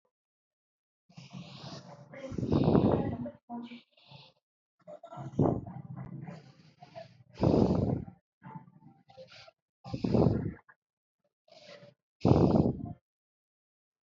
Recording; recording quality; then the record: deep breathing; excellent, no background noise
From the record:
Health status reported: healthy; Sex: male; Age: 38 years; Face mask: not worn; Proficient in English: yes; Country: India